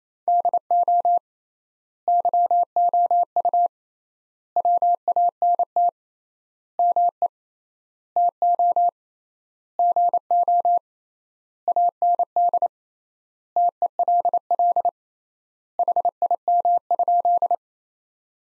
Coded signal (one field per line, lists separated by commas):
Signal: Morse code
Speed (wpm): 28 wpm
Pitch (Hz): 700 Hz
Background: none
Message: DO YOU WANT ME TO GO AND TELL HIM?